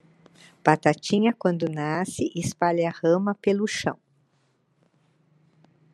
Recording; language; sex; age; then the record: short text; Brazilian Portuguese; female; 70 to 79 years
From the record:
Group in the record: control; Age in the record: 75 years